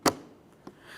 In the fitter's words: Listen for a click from each of those two locks.